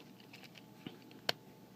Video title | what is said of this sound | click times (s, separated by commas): Fansproject CA-10 T-BONE | there we go that one just snapped right in | 1.3 s